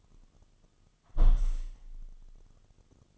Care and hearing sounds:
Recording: daily activity, microphone in the room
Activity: close window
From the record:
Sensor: 4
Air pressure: 1005.5 hPa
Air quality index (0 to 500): 99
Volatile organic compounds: 2 ppm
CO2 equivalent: 1221 ppm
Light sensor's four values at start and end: 13/29/11/11 and 13/29/11/11

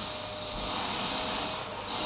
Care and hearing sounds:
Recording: daily activity, microphone in the room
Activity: vacuum cleaning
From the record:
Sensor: 1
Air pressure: 991.8 hPa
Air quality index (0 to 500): 184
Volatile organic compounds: 1000 ppm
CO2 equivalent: 7039 ppm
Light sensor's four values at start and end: 27/93/36/36 and 27/93/36/36

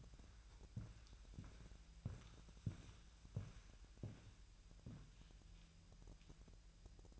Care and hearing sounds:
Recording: daily activity, microphone in the room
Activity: walk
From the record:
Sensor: 2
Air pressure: 1001.9 hPa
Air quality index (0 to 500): 231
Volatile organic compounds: 59 ppm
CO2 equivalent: 3408 ppm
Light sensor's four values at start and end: 7/16/6/7 and 7/16/7/7

